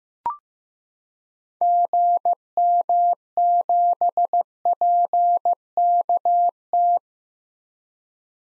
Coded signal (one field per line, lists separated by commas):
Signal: Morse code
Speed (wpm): 15 wpm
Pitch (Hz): 700 Hz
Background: none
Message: GM7PKT